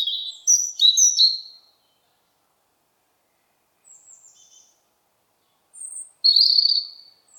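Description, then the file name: European robin song: a short sweet twittering burst, a long pause, then faint high notes and a final clear warbled phrase. "Erithacus rubecula"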